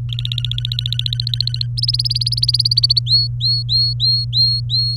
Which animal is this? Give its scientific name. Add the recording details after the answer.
Serinus canaria. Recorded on 23 April 2018 at 17:42. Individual llb3